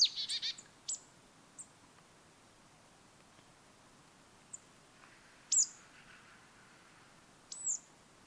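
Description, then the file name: Marsh tit calling, a quick burst of high chattering notes at the start, then single sharp descending notes at irregular intervals. "Poecile palustris"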